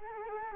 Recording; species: mosquito wingbeat signal from an infrared sensor; Culex quinquefasciatus